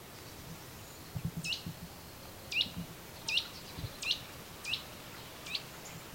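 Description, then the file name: Eurasian nuthatch calling with short, sharp upward-sliding notes, about six given at intervals of roughly a second, over soft low rumbling background noise. "Sitta europaea"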